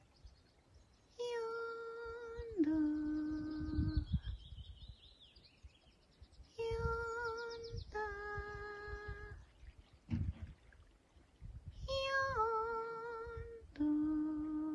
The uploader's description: recordings he made in the bay of Camas Tuath on the Isle of Mull, Scotland